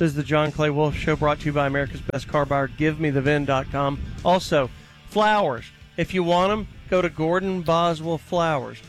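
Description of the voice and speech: An adult male radio host speaking in Huntington Beach, California. Typical, fluent speech.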